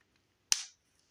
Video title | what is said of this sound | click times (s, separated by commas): Transformers Legacy Evolution Leader Class Blitzwing | like so until it snaps into place make sure you do the same thing on the side | 0.5 s